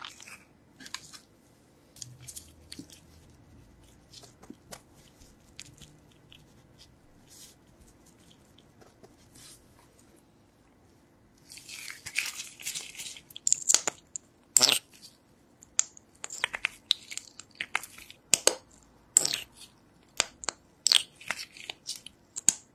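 Ear-cleaning scratches and crisp ticks, sparse at first, then denser rustling and sharp clicks after about eleven seconds.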